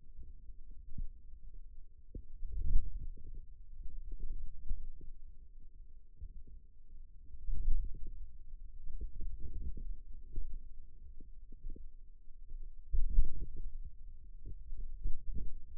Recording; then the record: forearm muscle sounds (acoustic myography)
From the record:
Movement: wrist flexion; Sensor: system 2, bracelet of six BSWA MPA416 microphones around the upper forearm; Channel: 2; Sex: male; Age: 22 years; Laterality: right